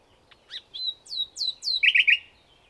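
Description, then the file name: Common nightingale song phrase: a few soft notes, then three loud descending whistles, ending in a quick buzzy trill. "Luscinia megarhynchos"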